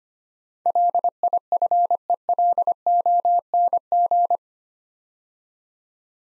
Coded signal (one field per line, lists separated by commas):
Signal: Morse code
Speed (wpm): 25 wpm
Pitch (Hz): 700 Hz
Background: none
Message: LIFELONG